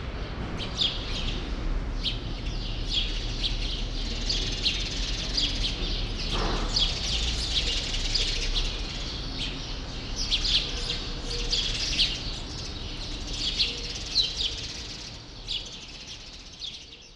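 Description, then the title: Sparrow flock chirping steadily in the background, many quick overlapping chirps, with a noticeable low rumble of background noise throughout. Sparrows still present in a small remaining part of a once large grove, Rue Saint-Jean Népomucène, Brussels, Belgium; recorded with Earsight V2 AB microphones into a Zoom F3. "Rue Saint-Jean Népomucène 13, 1000 Bruxelles, Belgique - Sparrows - Moineaux"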